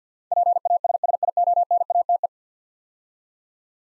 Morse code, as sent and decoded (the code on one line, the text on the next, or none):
.--. .- ... ... .. --- -. .- - .
PASSIONATE